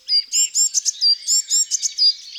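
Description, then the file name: Eurasian blue tit calls: a fast series of high, thin, chattering notes in short bursts, with no other sounds. Recorded in a garden. "Mesange bleue"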